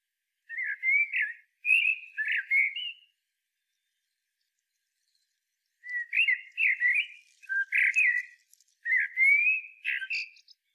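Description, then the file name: Common blackbird delivering mellow whistled phrases: two short bursts, a pause of about three seconds, then a longer flowing sequence with a rising slurred whistle. "Turdus merula"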